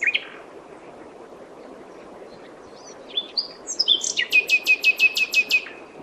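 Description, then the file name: Common nightingale song: scattered high whistles building into a rapid, evenly spaced series of sharp repeated notes. "Luscinia megarhynchos"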